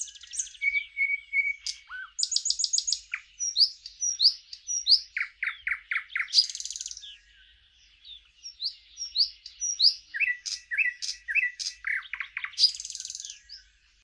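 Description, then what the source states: Thrush nightingale song: loud phrases of rapid clicking notes, pure whistles and repeated hard strokes, with a brief pause midway before the bird resumes. Trills of a summer visitor to Romania, in urban parks and gardens, forest edges, dense riverside thickets and willow areas; sings all day, strongest near midnight, audible from kilometres away.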